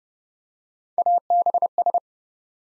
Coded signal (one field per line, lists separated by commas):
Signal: Morse code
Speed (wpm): 29 wpm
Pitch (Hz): 700 Hz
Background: none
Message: ABS